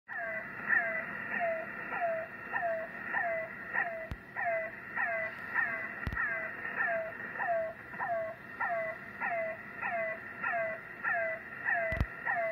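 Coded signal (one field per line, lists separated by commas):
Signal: unidentified radio signal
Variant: The Air Horn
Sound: continuous wailing, honking tone that repeats a short falling chirp about twice a second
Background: radio static crashes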